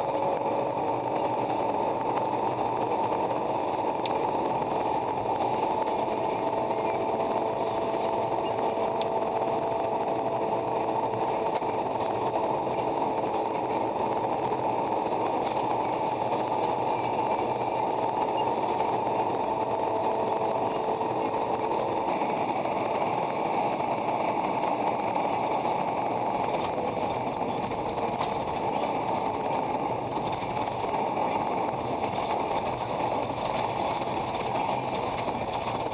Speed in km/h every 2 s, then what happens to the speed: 133, 138, 140, 142, 142, 142, 140, 138, 137, 138, 142, 140, 131, 109, 98, 94, 92, 83.
0-5 speeds up to 142. 5-22 steady at about 140. 22-36 brakes to 83.